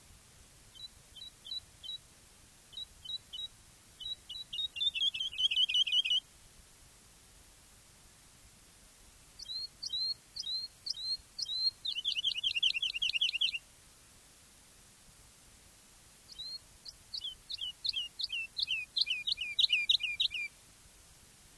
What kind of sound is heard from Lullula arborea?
song